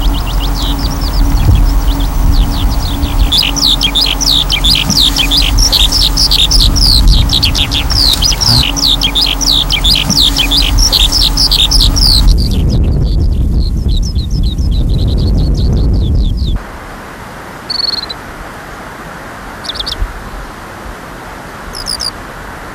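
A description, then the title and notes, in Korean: A skylark sings over a barley field in a rapid, dense stream of bright trilling chirps for the first dozen seconds, over a low steady hum and rumble. After about 16 seconds the scene turns much quieter, with only a few short, isolated chirps. 보리밭에서 종달새 우는 소리.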